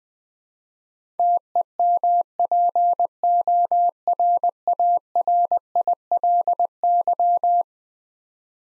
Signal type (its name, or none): Morse code